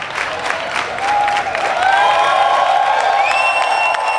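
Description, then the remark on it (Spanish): A crowd queuing along Gran Vía outside an Apple store claps steadily in a dense, continuous patter as Apple employees file out and greet them, with scattered cheers and a few high whistles rising over the applause toward the end. “La gente aplaude y los empleados de Apple saludan a los clientes.”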